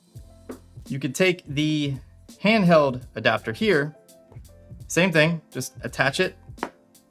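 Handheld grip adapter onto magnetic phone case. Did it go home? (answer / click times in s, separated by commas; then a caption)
yes / 6.6 s. Someone talks while a Moment handheld grip adapter is attached to a MagSafe magnetic case on an iPhone 12 Pro Max, with music underneath. A sharp, loud click at 6.6 s marks the adapter snapping on and seating onto the case.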